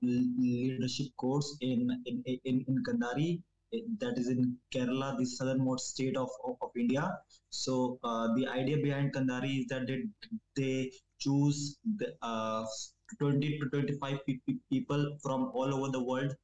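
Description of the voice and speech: An adult man from India speaks accented English with repeated part-words ("in, in, in, in"), stretched sounds and silent blocks, including a long hold before "choose" and a catch before "people". These repetitions, prolongations and blocks are typical of stuttering, which began around age 10 and is partly attributed to a toxic upbringing in a slum area.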